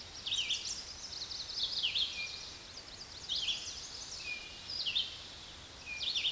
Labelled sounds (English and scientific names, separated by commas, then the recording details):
Red-eyed Vireo (Vireo olivaceus) song
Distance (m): 20 m
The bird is about 15 m above the microphone
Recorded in a Pennsylvania forest on 16 May 2024 at 06:38
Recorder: AudioMoth, point MSD-2258
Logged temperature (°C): 15.2 °C
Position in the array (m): 165 m, 72 m